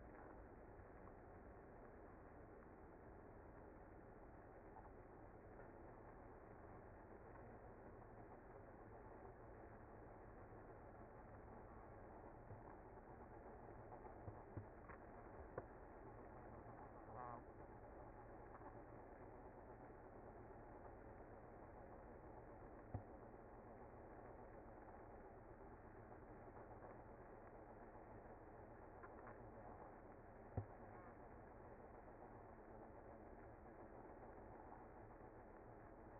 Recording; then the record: honeybee colony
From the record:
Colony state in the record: active